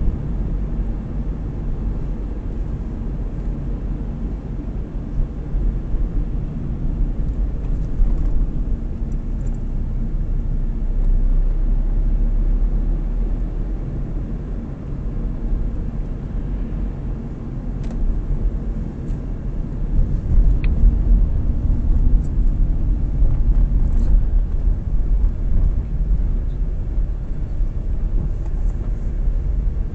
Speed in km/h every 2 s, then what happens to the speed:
35, 30, 28, 28, 22, 19, 22, 24, 24, 24, 23, 19, 16, 15, 16.
0-10 slows to 19. 10-19 steady at about 24. 19-25 slows to 15.